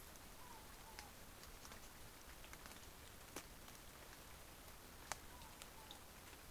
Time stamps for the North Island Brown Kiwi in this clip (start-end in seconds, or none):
none